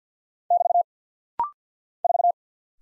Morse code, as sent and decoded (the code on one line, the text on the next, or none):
-...- / ....-
<BT> 4